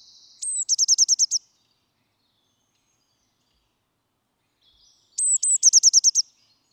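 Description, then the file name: Eurasian blue tit giving two matching phrases about five seconds apart, each with high thin notes leading into a fast, ringing trill. "Cyanistes caeruleus"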